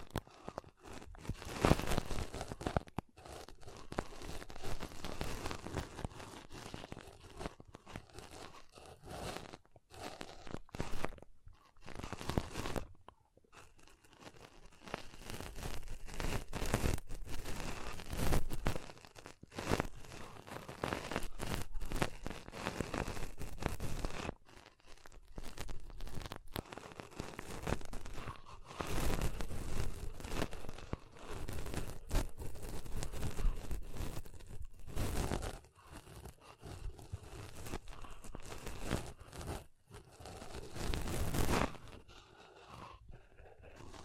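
Crunchy rustling of pom poms being squeezed and brushed, dense and continuous for most of the time, with brief pauses around 13 and 24 seconds.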